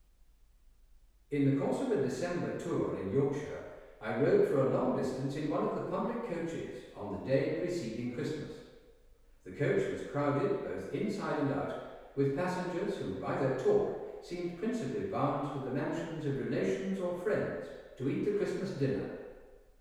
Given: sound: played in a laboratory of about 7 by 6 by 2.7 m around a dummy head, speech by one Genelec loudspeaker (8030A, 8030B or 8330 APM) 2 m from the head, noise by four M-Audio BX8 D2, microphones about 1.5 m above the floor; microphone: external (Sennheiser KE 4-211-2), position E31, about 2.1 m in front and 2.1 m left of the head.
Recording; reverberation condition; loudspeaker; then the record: male speech in English; high; 90 degrees to the right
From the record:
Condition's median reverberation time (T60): about 1300 ms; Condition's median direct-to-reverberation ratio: about -4.0 dB